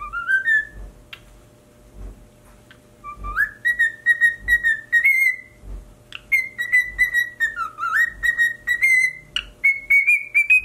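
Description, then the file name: Cockatiel song: long warbling whistled phrases that rise then hold level with a wavering tone, broken by short clicks and soft tapping sounds. "Cockatiel Singing"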